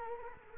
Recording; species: mosquito wingbeat signal from an infrared sensor; Culex quinquefasciatus